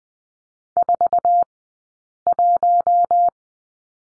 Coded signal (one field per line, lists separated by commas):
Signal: Morse code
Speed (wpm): 20 wpm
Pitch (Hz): 700 Hz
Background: none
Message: 4 1